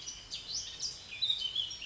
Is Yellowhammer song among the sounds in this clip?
no